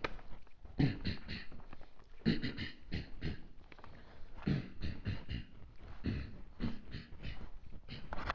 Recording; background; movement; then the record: throat clearing; quiet; walking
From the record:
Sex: male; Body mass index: 23.7 kg/m2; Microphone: on the chest, facing outward